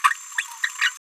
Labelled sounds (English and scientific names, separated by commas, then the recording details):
Green-rumped Parrotlet (Forpus passerinus) babbling
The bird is a female
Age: 28 days
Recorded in a nest box in Venezuela
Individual 17B73B2